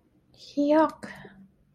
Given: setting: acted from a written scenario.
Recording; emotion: vocal sound without words; disgust